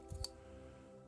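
The second set of plastic tabs is slid into the channel on a toy combiner robot's torso, making a soft scrape at about 0.1 s followed by a sharp, bright click at 0.2 s. The tabs seat in the channel, and a steady low hum continues underneath.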